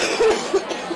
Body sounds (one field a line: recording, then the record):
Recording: coughing mixed with background sound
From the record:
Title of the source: 61 morning phlegmy cough...again